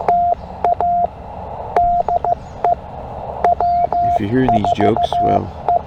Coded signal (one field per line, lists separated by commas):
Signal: Morse code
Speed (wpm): 15 wpm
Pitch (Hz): 700 Hz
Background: speech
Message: TA DE W4E